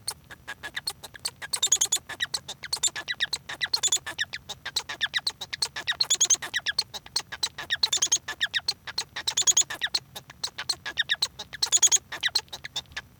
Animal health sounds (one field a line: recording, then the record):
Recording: song of a male Bengalese finch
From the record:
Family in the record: son of father 1